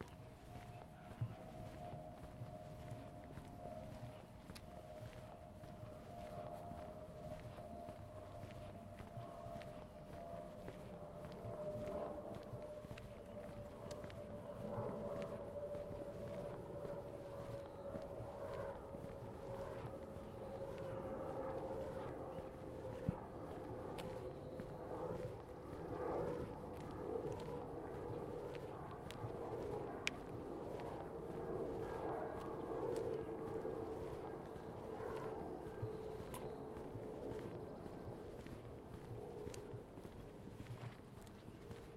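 A neighborhood stroll in Seattle under a steady vehicle drone whose tone slowly sinks, with scattered small clicks and taps throughout.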